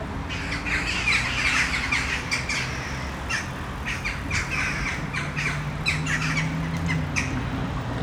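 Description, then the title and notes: Western jackdaws giving short sharp 'chak' calls in quick irregular bursts, over a low background hum. Many jackdaws in one tree, city centre of Brno, Czech Republic, at sunset. "Malinovského nám. 571/1, 602 00 Brno-střed-Brno-město, Česko - Western jackdaws at sunset. A tree full of jackdaws in the city center of Brno"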